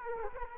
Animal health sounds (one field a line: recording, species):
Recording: mosquito wingbeat signal from an infrared sensor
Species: Aedes aegypti